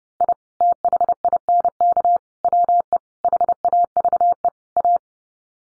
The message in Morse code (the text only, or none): I THINK WE HAVE A